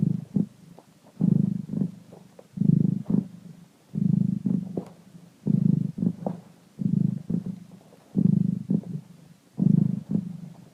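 Cat giving a steady low purr that rises and falls in rhythmic bursts, around eight swells across the stretch, nothing else heard.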